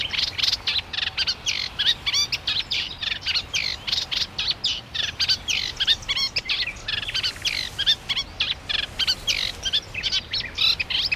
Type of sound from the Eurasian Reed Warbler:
song